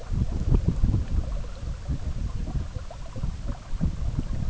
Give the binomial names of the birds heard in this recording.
none